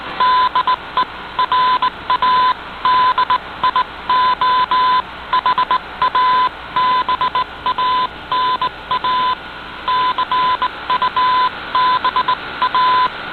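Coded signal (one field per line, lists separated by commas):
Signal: Morse code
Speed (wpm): 18 wpm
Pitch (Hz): 1010 Hz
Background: none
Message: DE RADIO HABANA CUBA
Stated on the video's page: Heard on 15140 kHz shortwave from Radio Havana Cuba, received on an Icom IC-R8600 in Toronto with a little fading.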